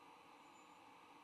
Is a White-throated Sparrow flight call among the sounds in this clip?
no